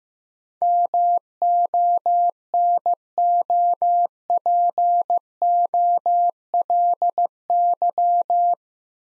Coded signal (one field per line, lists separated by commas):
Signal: Morse code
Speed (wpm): 15 wpm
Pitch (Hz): 700 Hz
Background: none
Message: MONOPOLY